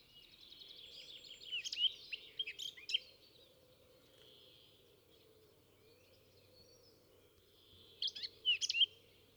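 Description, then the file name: Eurasian blackcap: songbird warbling in two bursts of chattering and whistled notes over a steady background hiss and low rumble. "Sylvia atricapilla"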